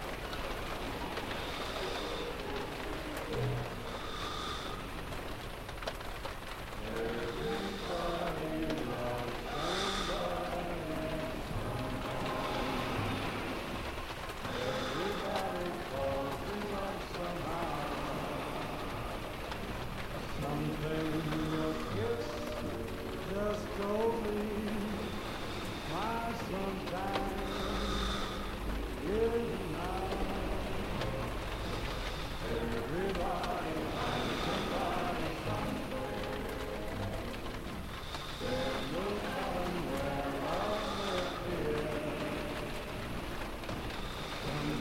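Steady, even rain fills the night with light bright drips every few seconds, while muffled voices murmur indistinctly underneath throughout.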